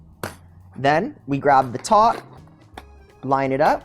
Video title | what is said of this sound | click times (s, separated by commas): Grater Rain Electric Grater – Your Questions Answered (Grating Blades, Cleaning, Charging + More) | click. Locked in. | 0.2 s